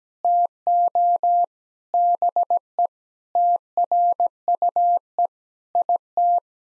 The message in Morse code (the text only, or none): TO BE TRUE IT